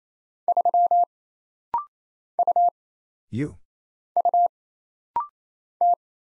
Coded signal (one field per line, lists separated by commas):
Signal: Morse code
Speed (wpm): 27 wpm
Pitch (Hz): 700 Hz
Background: none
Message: 3 U U T